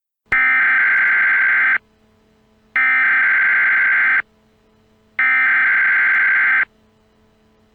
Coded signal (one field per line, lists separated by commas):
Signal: Emergency Alert System (SAME) tones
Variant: header bursts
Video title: EAS Senario- Shadow Demons